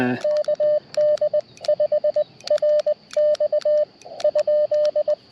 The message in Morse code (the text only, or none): KD5RX ?